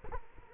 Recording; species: mosquito wingbeat signal from an infrared sensor; Culex quinquefasciatus